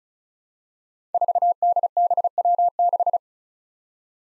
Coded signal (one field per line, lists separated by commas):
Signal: Morse code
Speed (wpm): 36 wpm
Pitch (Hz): 700 Hz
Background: none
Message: 4DBW6